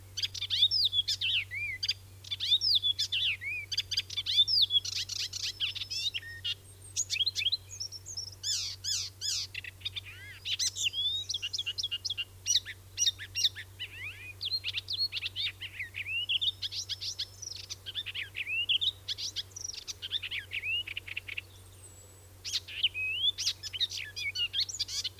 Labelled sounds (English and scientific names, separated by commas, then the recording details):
Icterine Warbler (Hippolais icterina) song
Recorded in the wild
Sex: male
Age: adult
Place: Schweinfurt, Bayern, DE
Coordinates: 50.0472, 10.2508
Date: 1964-06-05
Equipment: Original, Vollspur
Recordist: Tretzel, Erwin